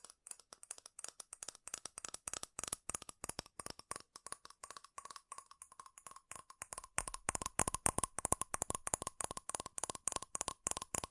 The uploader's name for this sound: FAST & FURIOUS TAPPING Metal Sounds